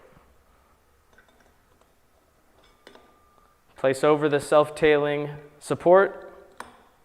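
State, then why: Seated. During service of a Harken sailboat winch, the self-tailing arm is placed over the winch's self-tailing support and spun to lock it into place while someone talks. Faint ticks come from around 1.2 to 3.0 s, then a single sharp ping at 6.6 s marks the arm locking into place.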